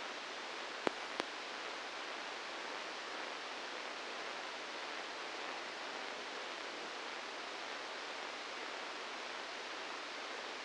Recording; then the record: brain microelectrode recording played as sound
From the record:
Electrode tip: inside the subthalamic nucleus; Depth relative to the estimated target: 0 mm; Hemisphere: left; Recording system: NeuroSet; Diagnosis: Parkinson's disease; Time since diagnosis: 10 years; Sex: male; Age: 63 years